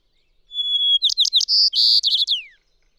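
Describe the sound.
Single bird phrase, a sustained thin whistle followed by fast slurred chirps, buzzy trills and a descending final note, in silence.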